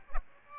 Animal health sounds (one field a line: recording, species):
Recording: mosquito wingbeat signal from an infrared sensor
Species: Aedes aegypti